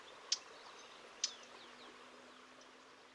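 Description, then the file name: Eurasian blackcap giving two hard, clicking tack notes about a second apart, then quiet with faint high insect or bird chatter and a low steady hum underneath. "Sylvia atricapilla"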